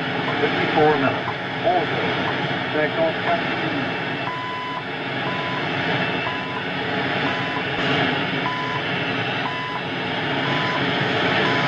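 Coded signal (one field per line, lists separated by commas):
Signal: radio time signal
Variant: CHU Canada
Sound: noisy shortwave hiss with short 1 kHz ticks once a second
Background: radio static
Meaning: Each tick marks one second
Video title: CHU Canada 14670kc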